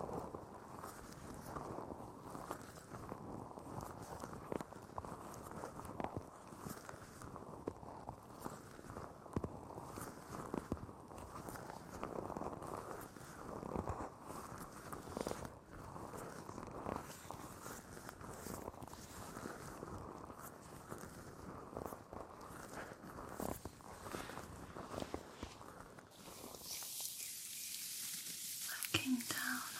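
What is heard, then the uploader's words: Steady rubbing and patting sounds from a body massage, with soft strokes repeating in a dense, fairly even rhythm. The sound stays low and muffled, then just before the end it cuts to a bright, hissing spray-like sound. TimASMR-Blissful Full Body Massage & Spa Treatment.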